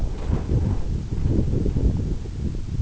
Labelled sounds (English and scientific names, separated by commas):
none